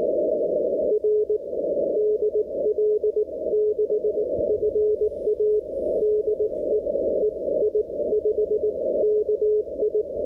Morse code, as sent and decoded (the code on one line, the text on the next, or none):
.-. / -.. .-.. -.... ..-. .- / -.. . / . .. ..... -.- ..
R DL6FA DE EI5KI